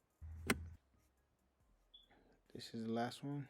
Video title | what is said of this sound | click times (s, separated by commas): No Front Turn Signal Blinkers Smart Junction Box Malfunction Ford Fusion 2006 - 2009 (Easy Fix DIY) | same thing make sure it clicks in there | 0.5 s